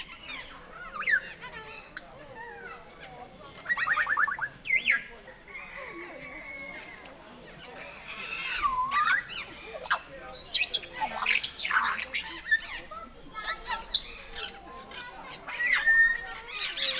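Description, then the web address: Grey parrot squawks and whistles, with harsh bursts mixed with rising and falling whistled notes and a buzzy rattle, irregular and overlapping throughout. At Nyíregyháza Zoo in 2019, calm surroundings. "allathangok nyiregyhazizoo 2019 professzionalis jako papagaj nyugiskornyezet nyiregyhaza"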